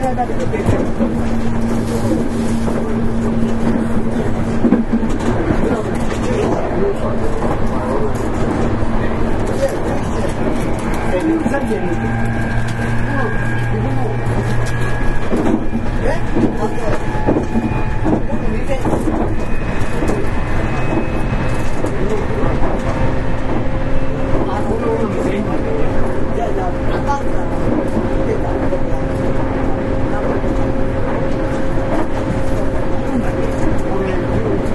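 Onboard running sound of a Nankai 8300 series train on an airport express, a steady low rumble and hum that holds through the whole stretch. Sustained motor tones rise and shift in pitch, with a low drone around the middle, and voices murmur over the ride.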